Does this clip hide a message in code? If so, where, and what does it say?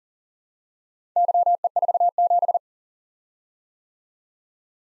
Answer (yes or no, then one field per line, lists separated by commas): yes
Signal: Morse code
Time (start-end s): 1.2-2.6 s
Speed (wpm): 40 wpm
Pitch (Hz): 700 Hz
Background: none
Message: YE47